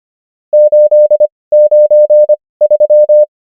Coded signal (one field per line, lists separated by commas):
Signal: Morse code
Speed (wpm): 25 wpm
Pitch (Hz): 600 Hz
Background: none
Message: 8 9 3